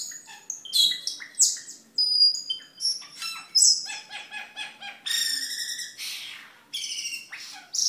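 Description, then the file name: Camperling song, a dense run of varied high chirps, trills and short whistles in quick changing phrases, with little pause between notes. "camperling omkicau"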